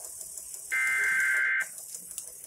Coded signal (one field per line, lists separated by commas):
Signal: Emergency Alert System (SAME) tones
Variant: header bursts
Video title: INSERT RANDOM QUOTE HERE. NOAA Weather Radio EAS: Required Weekly Test (EAS #767-768)